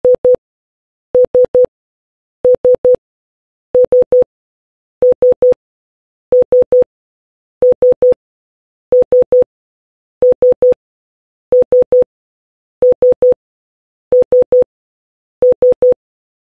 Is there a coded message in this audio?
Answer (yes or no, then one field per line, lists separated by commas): no